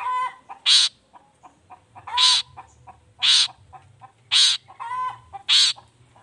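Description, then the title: Long-tailed shrike harsh call: loud rasping screeches repeated about once a second, with softer chatter between them. Recorded in the morning; called a chattering, well-singing bird, with 'toet toet' voice variations, played to stimulate lazy shrikes to start singing. "Cendet Gacor Dor Di Kala Pagi Toet Toet Variasi Suara. Cendet Gacor Di Pagi Hari Rangsangan Emosi Cendet Malas Bunyi Supaya Secepatnya Ikutan Bunyi"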